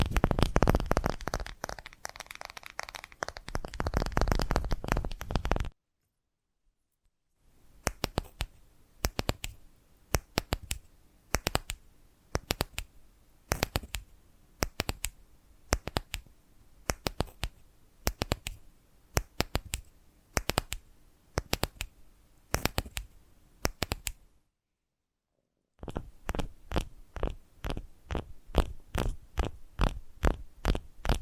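Invisible tapping and scratching: a dense scratchy stretch, two silent gaps, then crisp steady taps in irregular clusters, ending with rapid regular tapping.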